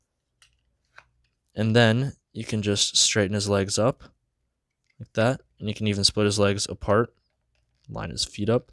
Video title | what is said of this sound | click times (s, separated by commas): Transformers Legacy Skids Transformation Guide! | and bring the whole red part down it will click into place right here | 0.4 s